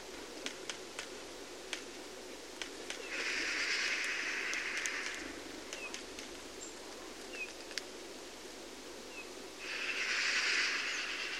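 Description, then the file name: Eurasian magpie giving two long, harsh chatters several seconds apart, with scattered clicks between them. "Pica pica"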